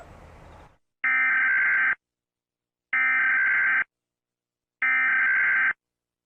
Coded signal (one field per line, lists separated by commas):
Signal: Emergency Alert System (SAME) tones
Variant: header bursts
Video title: EAS Scenario: Klasky Csupo Splatt